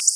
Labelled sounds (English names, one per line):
Black-throated Blue Warbler flight call